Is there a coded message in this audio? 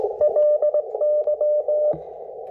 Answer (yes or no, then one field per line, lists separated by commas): yes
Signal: Morse code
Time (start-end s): 0.2-1.9 s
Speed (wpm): 19 wpm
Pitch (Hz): 600 Hz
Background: none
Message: LY